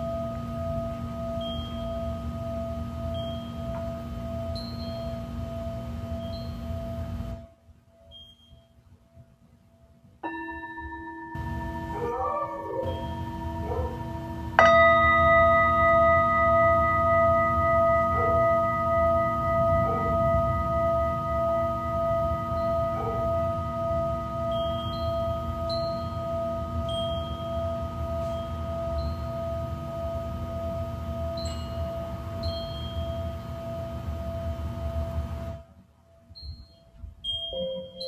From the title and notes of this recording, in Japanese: シンギングボウルのサウンドヒーリング。チベタンシンギングボウル。メキシコ。